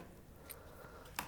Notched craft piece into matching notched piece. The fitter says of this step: and literally just snap them